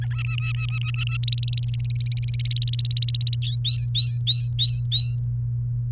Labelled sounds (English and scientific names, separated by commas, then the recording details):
Domestic Canary (Serinus canaria) song
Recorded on 30 April 2018 at 07:28
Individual llb3